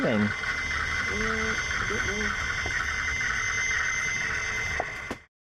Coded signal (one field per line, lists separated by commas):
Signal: weather fax (radiofax)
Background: speech